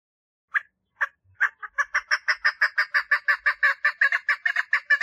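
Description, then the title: Partridge calling: harsh, harmonic notes starting slowly, then speeding into a steady, rapid rhythmic run of clucking pulses. "Perdiz Cantando"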